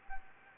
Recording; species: mosquito wingbeat signal from an infrared sensor; Anopheles gambiae